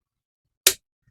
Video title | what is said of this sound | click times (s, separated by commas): 10Rs Bottle juice business profit - Pineapple juice,Juice bottle making -™Goli soda company profit | okay இப்ப lock ஆயிட்டு அவ்ளோதான். | 0.7 s